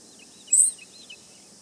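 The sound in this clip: Grasshopper sparrow song: a thin, high buzz lasting a fraction of a second, with faint slurred notes of other birds below it.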